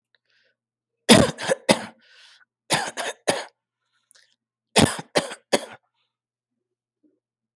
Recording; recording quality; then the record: shallow voluntary cough; excellent, no background noise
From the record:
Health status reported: COVID-19 positive, no symptoms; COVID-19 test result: positive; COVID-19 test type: RT-PCR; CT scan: not taken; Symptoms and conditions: cold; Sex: male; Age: 40 years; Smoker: no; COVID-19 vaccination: both doses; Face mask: not worn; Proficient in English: yes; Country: India